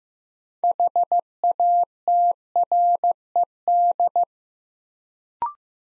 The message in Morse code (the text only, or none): HATRED